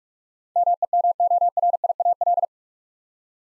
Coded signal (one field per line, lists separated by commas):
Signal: Morse code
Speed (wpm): 45 wpm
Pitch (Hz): 700 Hz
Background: none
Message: MEMORIAL